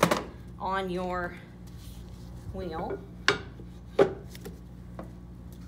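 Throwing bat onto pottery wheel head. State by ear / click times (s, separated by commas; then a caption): seated / 3.3 s. Someone talks while a throwing bat with a square masonite insert is set onto a pottery wheel head and pressed down. A sharp knock at 3.3 s marks the bat locking into place on the wheel head, followed by a few quieter taps.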